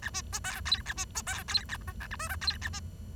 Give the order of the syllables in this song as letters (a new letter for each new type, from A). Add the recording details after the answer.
A B C D E A B C D E A F G H I J E A B. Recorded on 23 June 2012 at 10:50. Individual gr41rd51